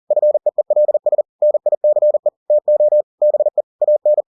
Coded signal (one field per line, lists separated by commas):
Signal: Morse code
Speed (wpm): 40 wpm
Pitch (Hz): 600 Hz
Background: none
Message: FEELS NICE TO BE AN